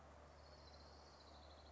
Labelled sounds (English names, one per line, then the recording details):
Orange-crowned Warbler
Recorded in Sonoma County, California